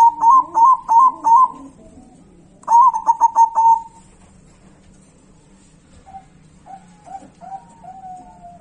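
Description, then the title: Zebra dove song: a run of four rhythmic coos, then a rapid rolling staccato phrase, followed by softer, lower cooing notes. Song of a local zebra dove. "Kicau Perkutut Lokal"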